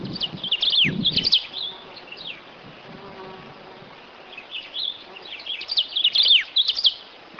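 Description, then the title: Coal-crested finch calls: clusters of thin, high chirps and quick down-slurred notes, loudest at the start and near the end, with low thumping early on. "LuckyPassaro Completos2Sama. Coal-crested Finch (Charitospiza eucosma)"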